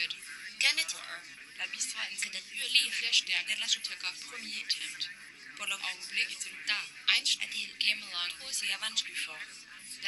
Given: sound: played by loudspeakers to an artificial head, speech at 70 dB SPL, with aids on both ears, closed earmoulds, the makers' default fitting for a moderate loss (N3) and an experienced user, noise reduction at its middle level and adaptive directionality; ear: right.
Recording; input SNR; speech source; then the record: speech test signal (ISTS) in cocktail-party noise; 0 dB; in front (0 degrees)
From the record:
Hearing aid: class 2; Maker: H